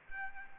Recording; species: mosquito wingbeat signal from an infrared sensor; Aedes albopictus